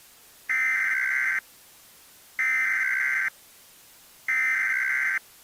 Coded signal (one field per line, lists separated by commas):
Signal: Emergency Alert System (SAME) tones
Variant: header bursts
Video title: [EAS SCENARIO] AROMA